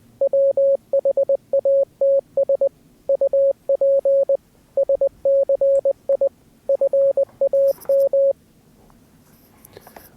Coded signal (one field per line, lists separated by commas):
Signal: Morse code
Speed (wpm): 20 wpm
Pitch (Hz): 550 Hz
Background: none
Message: WHATS UP SCI FAM